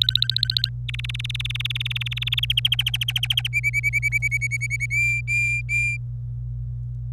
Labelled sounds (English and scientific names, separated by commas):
Domestic Canary (Serinus canaria) song